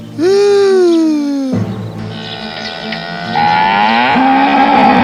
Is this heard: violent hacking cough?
no